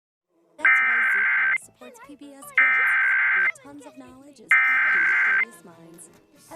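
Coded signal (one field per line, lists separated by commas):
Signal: Emergency Alert System (SAME) tones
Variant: header bursts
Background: speech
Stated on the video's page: Fake EAS program break with an Amber Alert.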